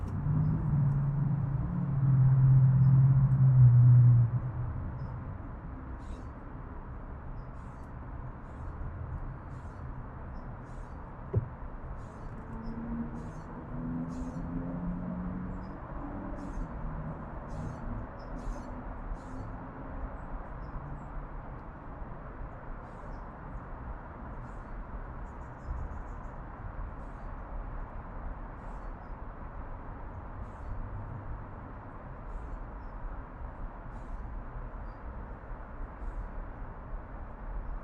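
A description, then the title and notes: Urban backyard in Oakland, CA: a low rumble swells briefly at the start, then a steady hum with faint ticks, one sharp knock near eleven seconds. Urban Backyard - Oakland, CA. Zoom H6 XY Stereo Mic Capsule. Unbranded Mini Mic Stand. Magnetic Microphone Mounts.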